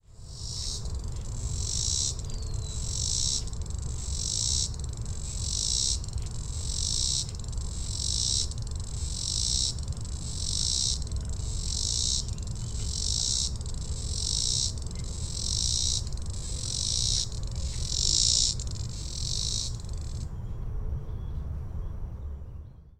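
A Robinson's cicada buzzes in loud, high pulsing bursts for about twenty seconds, then stops, over a steady low rumble in the marsh.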